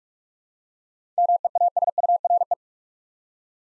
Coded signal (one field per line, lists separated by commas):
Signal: Morse code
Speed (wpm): 44 wpm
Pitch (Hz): 700 Hz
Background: none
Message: MEASURE